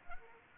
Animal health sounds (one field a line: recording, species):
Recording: mosquito wingbeat signal from an infrared sensor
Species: Anopheles arabiensis